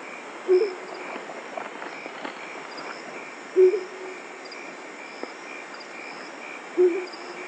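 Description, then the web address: Great horned owl hooting: brief low hoots about every three seconds, over a steady background of insect trilling. "cantos nacurutu"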